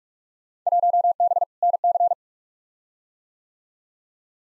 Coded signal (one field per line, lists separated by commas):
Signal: Morse code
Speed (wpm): 46 wpm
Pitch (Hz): 700 Hz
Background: none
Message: 1B NC